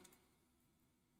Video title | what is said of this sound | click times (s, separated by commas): Kyria builds, part 3! | sometimes the trs jack will kind of snap into place | 0.1 s